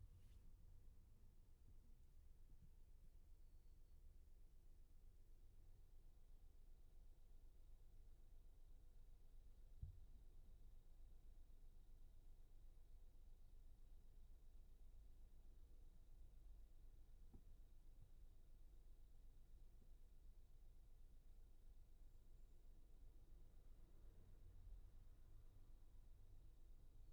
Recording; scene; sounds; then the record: everyday scene through a hearing-aid microphone; in a vehicle; engine idling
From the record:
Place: Skoda Fabia, gasoline engine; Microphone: behind the ear, left, rear